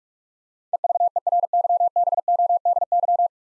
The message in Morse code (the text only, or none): EVERYBODY